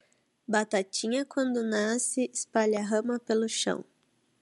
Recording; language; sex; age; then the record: short text; Brazilian Portuguese; female; 20 to 29 years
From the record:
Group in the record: control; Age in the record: 28 years